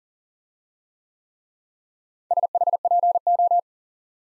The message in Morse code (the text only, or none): SHPO